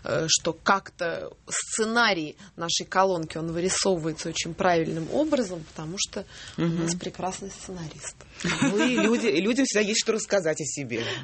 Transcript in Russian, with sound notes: что как-то сценарий нашей колонки, он вырисовывается очень правильным образом, потому что у нас прекрасный сценарист.
(смех) Ну, и людям всегда есть что рассказать о себе.